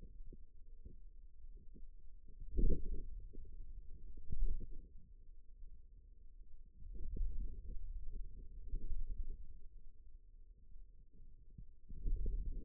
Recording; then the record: forearm muscle sounds (acoustic myography)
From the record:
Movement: wrist extension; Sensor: system 2, bracelet of six BSWA MPA416 microphones around the upper forearm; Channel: 4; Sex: male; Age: 22 years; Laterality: right